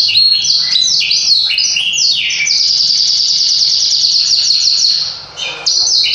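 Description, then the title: Yorkshire canary song with varied whistled phrases running into a long sustained high trill, a short dip, then more bright notes. Song described as super long. ""Kenari Yorkshire". Suaranya Super Panjang"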